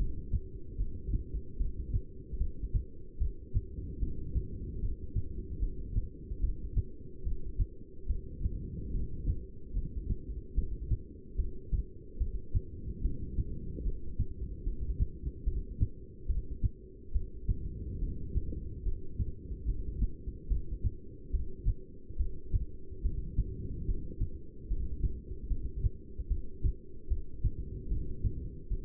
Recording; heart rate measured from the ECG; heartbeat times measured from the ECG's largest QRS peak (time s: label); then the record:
heart sounds by stethoscope; 73 bpm
0.78 s: heartbeat
1.58 s: heartbeat
2.39 s: heartbeat
3.19 s: heartbeat
4.00 s: heartbeat
4.81 s: heartbeat
5.61 s: heartbeat
6.41 s: heartbeat
7.24 s: heartbeat
8.08 s: heartbeat
8.92 s: heartbeat
9.74 s: heartbeat
10.56 s: heartbeat
11.37 s: heartbeat
12.19 s: heartbeat
13.03 s: heartbeat
13.84 s: heartbeat
14.65 s: heartbeat
15.45 s: heartbeat
16.28 s: heartbeat
17.13 s: heartbeat
18.00 s: heartbeat
18.84 s: heartbeat
19.66 s: heartbeat
20.49 s: heartbeat
21.32 s: heartbeat
22.18 s: heartbeat
23.03 s: heartbeat
23.86 s: heartbeat
24.69 s: heartbeat
25.49 s: heartbeat
26.29 s: heartbeat
27.09 s: heartbeat
27.89 s: heartbeat
28.69 s: heartbeat
From the record:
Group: heart failure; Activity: rest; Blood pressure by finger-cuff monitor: 166/105 mmHg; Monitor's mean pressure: 127 mmHg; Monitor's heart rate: 73 bpm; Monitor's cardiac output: 7.7 L/min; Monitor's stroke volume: 106 mL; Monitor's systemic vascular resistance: 1230 dyn s/cm5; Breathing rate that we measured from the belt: 13 breaths a minute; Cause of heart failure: non-ischemic cardiomyopathy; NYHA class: 1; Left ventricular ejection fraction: 62%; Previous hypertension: present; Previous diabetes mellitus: present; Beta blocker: bisoprolol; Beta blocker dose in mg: 10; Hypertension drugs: sacubitril-valsartan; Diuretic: furosemide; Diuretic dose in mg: 20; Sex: male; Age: 49 years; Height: 167 cm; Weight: 110 kg